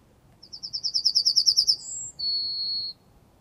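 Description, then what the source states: Yellowhammer full song: about a dozen quick, high, repeated notes, followed by a brief higher drawn note and a long, steady, lower sustained whistle to finish. Used on a bird nature trail.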